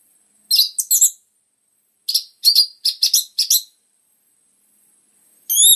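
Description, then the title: Orange-headed thrush giving short clusters of sharp, high chirped notes separated by silences, with a final high whistled phrase at the end. Dense filler-type song of a vigorously singing bird, used as a lure and as tutor material for caged orange-headed thrushes of the spotted variety. "PANCINGAN Anis Merah Gacor Materi Isian Rapat Cocok Untuk MASTERAN Anis Merah TROTOL"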